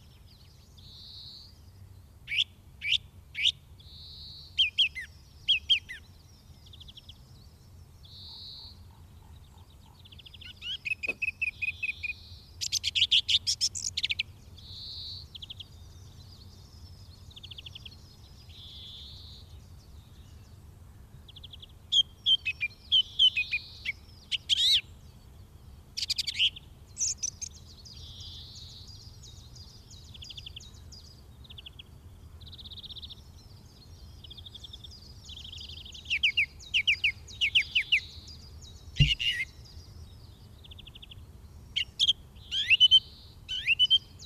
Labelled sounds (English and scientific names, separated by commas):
Song Thrush (Turdus philomelos) song